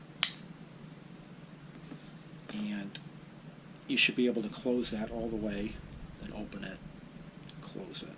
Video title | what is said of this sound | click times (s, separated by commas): Amazon Foam Cannon Review, with 1.1mm Orifice Mod install and review. | this one more time because it will actually snap in place you'll hear it pop | 0.2 s